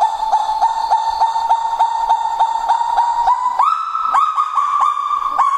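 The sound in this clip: Kagu giving a rapid series of short notes at a nearly steady pitch, then jumping higher for a final run of notes.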